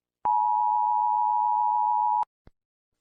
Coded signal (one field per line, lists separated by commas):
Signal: Emergency Alert System (SAME) tones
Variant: 853 and 960 Hz attention tone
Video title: All territories of China Eas Alarm